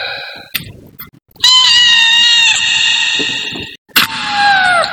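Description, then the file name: Cat giving a drawn-out meow lasting over two seconds, then a second cry that slides downward; fainter mewing before, and sharp clicks. "suara kucing"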